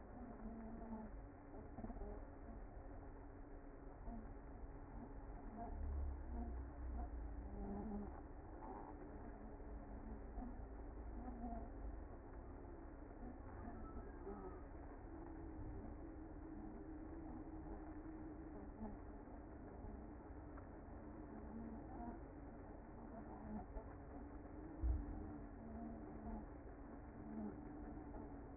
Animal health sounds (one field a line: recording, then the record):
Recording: honeybee colony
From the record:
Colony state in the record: active